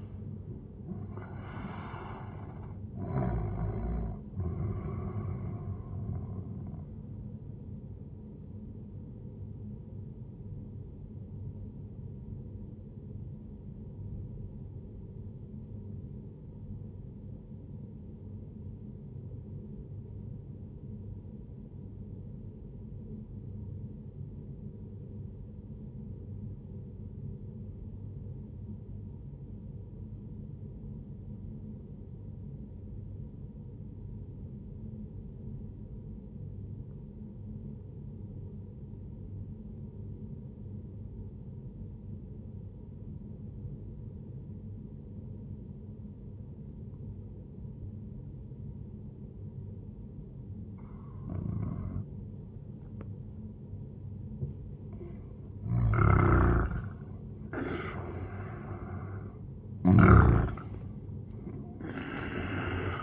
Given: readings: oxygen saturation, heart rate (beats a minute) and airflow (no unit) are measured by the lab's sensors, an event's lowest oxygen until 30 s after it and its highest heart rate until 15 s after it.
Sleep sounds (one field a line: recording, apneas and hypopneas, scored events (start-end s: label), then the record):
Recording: breathing in sleep by a smartphone at the bedside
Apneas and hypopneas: 1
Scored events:
12.00-54.80 s: obstructive apnea (N1, oxygen 98% highest, then 90% lowest, heart rate 65 at the start, 76 highest)
26.00-56.00 s: new sleep stage, N2 (light sleep)
56.00-63.03 s: new sleep stage, N1 (lightest sleep)
From the record:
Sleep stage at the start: N1 (lightest sleep)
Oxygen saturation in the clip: 90 to 98%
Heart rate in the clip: 58 to 82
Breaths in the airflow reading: 4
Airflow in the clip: -10.2 to 13.1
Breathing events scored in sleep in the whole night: 131 in 7.2 hours asleep